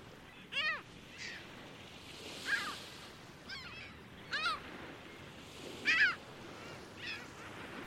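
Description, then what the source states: Gull calls in separate bursts of laughing, stepped yelps, with fainter calls between them. Several gulls on a busy beach on Lake Ontario.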